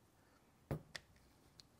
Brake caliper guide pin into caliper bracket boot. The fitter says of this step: you hear a nice click and that needs a burp